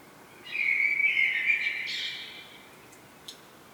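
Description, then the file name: Common blackbird song: a single smooth, fluted phrase lasting about two seconds, finishing in a softer, higher squeak. "Turdus merula"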